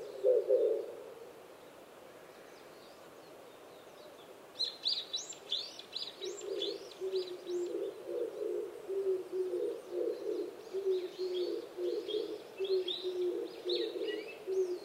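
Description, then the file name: Oriental turtle dove cooing once, then silent for a few seconds before a steady run of low coos resumes beneath bursts of high twittering from other birds. Recorded 26 April 2010 at 05:29. "kijibato-20100426-0529"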